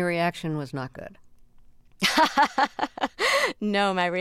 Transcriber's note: laughter